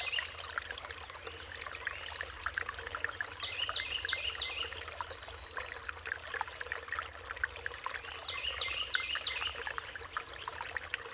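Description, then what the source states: Songbirds giving two quick trilled song phrases several seconds apart, with running water hissing steadily throughout. Riparian zone.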